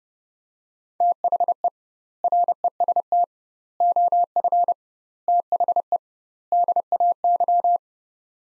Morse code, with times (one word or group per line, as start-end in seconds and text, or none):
1.0-1.7 THE
2.2-3.2 REST
3.8-4.7 OF
5.3-6.0 THE
6.5-7.8 DAY